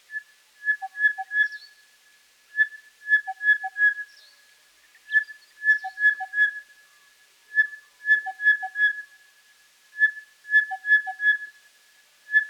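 Crested bellbird song: steady whistled notes near one pitch in quick groups, with paired lower notes, the phrase repeating roughly every two and a half seconds.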